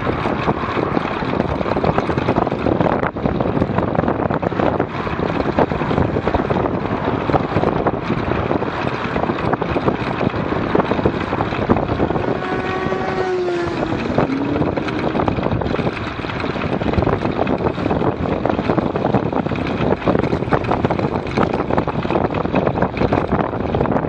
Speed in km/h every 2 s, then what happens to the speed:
34, 34, 33, 34, 35, 34, 34, 36, 35, 36, 36, 34.
0-24 steady at about 34.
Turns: none.